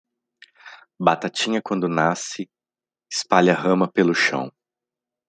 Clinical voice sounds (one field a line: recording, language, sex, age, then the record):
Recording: short text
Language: Brazilian Portuguese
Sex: male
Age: 40 to 49 years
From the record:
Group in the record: control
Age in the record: 42 years